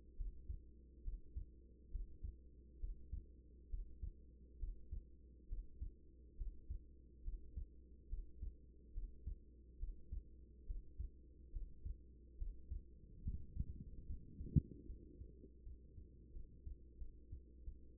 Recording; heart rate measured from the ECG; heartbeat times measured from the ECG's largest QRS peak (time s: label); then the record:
heart sounds by stethoscope; 72 bpm
0.16 s: heartbeat
1.03 s: heartbeat
1.90 s: heartbeat
2.79 s: heartbeat
3.69 s: heartbeat
4.58 s: heartbeat
5.48 s: heartbeat
6.36 s: heartbeat
7.23 s: heartbeat
8.08 s: heartbeat
8.93 s: heartbeat
9.78 s: heartbeat
10.66 s: heartbeat
11.51 s: heartbeat
12.37 s: heartbeat
13.22 s: heartbeat
14.06 s: heartbeat
14.86 s: heartbeat
15.63 s: heartbeat
16.32 s: heartbeat
16.97 s: heartbeat
17.64 s: heartbeat
From the record:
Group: healthy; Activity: breath hold 0-15 s, rest 15-18 s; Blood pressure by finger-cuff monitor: 118/81 mmHg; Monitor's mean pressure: 94 mmHg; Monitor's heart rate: 70 bpm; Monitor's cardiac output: 5.5 L/min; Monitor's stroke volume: 78 mL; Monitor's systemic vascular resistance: 1270 dyn s/cm5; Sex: female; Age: 24 years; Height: 163 cm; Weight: 55.7 kg